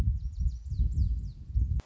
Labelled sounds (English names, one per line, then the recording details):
Lazuli Bunting
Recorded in Sonoma County, California